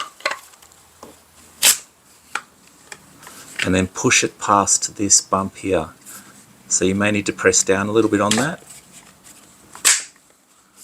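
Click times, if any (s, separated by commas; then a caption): 9.8 s. The tubular handle section of an Aussie Gardener Long Handled Weed Puller is slid over the end of the shaft and pressed down over a spring push-button knob. Someone talks over faint handling noises and sharp taps. At 9.8 s the knob pops through the hole and the handle snaps into place, seated.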